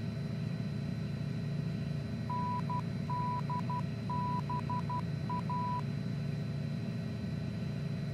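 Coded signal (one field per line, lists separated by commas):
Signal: Morse code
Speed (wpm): 12 wpm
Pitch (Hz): 990 Hz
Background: none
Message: NDBA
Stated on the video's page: Morse ident from an NDB tracked with an ADF to locate an offshore oil platform, in a flight simulator.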